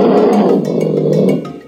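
Bear roaring, a deep rough growl that holds steady for over a second and then fades away.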